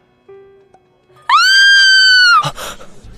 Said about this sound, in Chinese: 机舱里忽然传出了一声尖叫，女人的声线很高，尖叫起来有点海豚音的韵味，震得所有人耳朵跟着一颤。但她的尖叫声中却充满了惊惧，仿佛遇见一生中最为恐怖的事情，整个机舱都被惊动了。